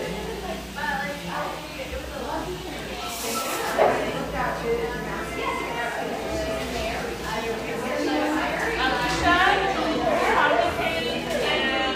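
Cafe ambience in Portland's Grant Park neighborhood, filled with steady overlapping conversation from several voices. A low hum runs underneath throughout, and brief clinks and clatters of dishes cut through around the fourth second and again near the tenth.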